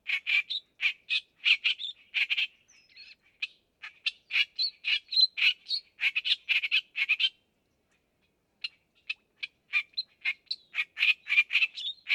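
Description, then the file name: Clamorous reed warbler singing harsh, croaking and chattering notes in long fast sequences, broken by one silent gap of about a second before resuming. "stentorrohrsaenger"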